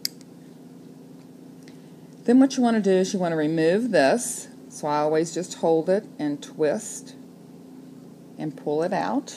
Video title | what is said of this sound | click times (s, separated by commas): CTE 800Blood Glucose | and there's a little click as it engages then | 0.1 s